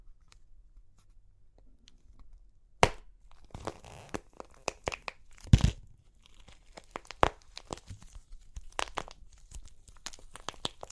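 Super crunchy clay cracking: sharp snaps and crackles break out after a quiet first three seconds, with a loud crack near 3 s and a heavy crunch around 5.5 s. From there, bright irregular crackling and crinkling bursts keep coming in clusters to the end.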